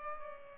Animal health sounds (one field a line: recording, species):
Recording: mosquito wingbeat signal from an infrared sensor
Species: Culex pipiens